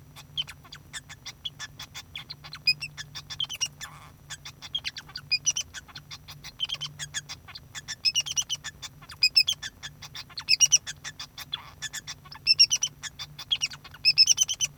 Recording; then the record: song of a male Bengalese finch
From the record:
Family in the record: son of father 2